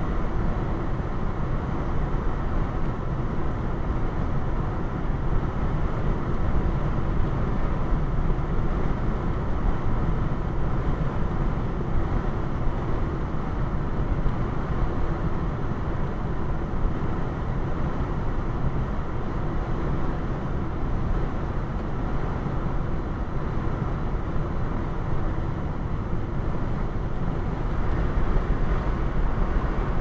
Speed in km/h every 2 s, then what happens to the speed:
95, 95, 95, 95, 95, 95, 95, 95, 95, 95, 95, 95, 95, 95, 95.
0-30 steady at about 95.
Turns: none.